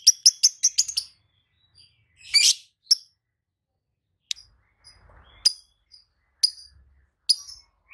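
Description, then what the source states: Lovebird chirps: short, high, scratchy notes, a quick burst at the start, then single calls spaced by gaps of silence. Masteran recording made for tutoring other birds; song style called konslet.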